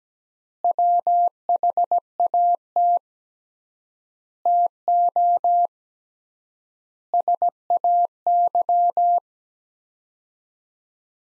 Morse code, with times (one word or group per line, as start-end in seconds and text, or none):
0.6-3.0 WHAT
4.5-5.7 TO
7.1-9.2 SAY